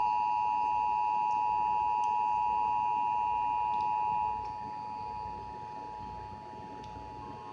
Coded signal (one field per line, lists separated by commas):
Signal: Emergency Alert System (SAME) tones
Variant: 853 and 960 Hz attention tone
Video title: EAS #36 - RMT